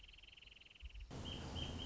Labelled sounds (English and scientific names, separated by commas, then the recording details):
Wrentit (Chamaea fasciata)
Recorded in Sonoma County, California